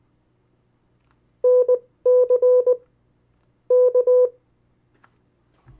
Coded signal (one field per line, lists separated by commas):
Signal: Morse code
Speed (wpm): 19 wpm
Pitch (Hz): 500 Hz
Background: none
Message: NC K